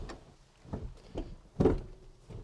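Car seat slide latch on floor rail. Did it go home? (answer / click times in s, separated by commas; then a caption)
no / none. The driver's seat of a 1988 Audi 80 is slid forward along its floor rails to get closer to the pedals. Several knocks and rattles are heard, with sharp hits around 1.2 and 1.6 seconds. The seat slide latch fails to lock, so nothing has seated or clicked yet.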